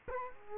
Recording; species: mosquito wingbeat signal from an infrared sensor; Culex quinquefasciatus